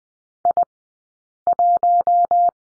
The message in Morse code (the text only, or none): I 1